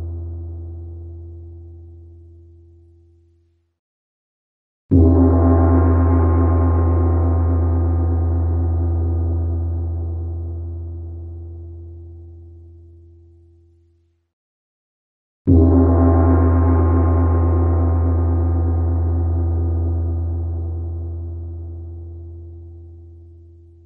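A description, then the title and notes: A deep gong is struck twice, at about five and fifteen seconds, each hit opening with a bright shimmering attack. Low humming tones ring on and fade slowly over ten seconds. A tail from an earlier strike dies out at the start, followed by brief silence. Calm Gong Meditation Session _ 5 Minute Tibetan Gong Music.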